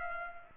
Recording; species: mosquito wingbeat signal from an infrared sensor; Culex pipiens